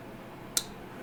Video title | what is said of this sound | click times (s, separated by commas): Review/impressions of of the Kansept Reedus… something different that I’m trying to figure out. | yeah Clicks in pretty well no blade rockets | 0.6 s